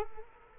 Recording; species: mosquito wingbeat signal from an infrared sensor; Culex quinquefasciatus